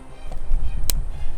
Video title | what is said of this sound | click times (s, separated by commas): OLight PL-Mini Valkyrie LED Weapon Light | out of the box it just clicks right into place you | 0.9 s